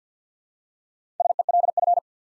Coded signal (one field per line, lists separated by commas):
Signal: Morse code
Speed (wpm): 50 wpm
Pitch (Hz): 700 Hz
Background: none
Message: SELF